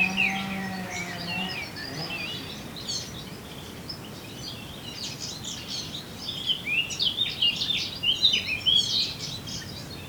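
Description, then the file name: Eurasian blackcap song, soft at first under a low hum, then louder bursts of quick warbling notes near the end. "Sylvia atricapilla"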